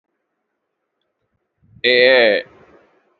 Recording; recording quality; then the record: sustained vowel as in made; excellent, no background noise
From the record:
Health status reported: respiratory illness, not identified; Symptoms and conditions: asthma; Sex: male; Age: 23 years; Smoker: not ticked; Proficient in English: yes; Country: India